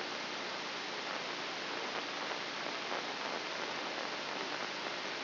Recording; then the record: brain microelectrode recording played as sound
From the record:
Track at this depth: outside the subthalamic nucleus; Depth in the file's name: 7.504 mm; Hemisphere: left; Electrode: 3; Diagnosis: Parkinson's disease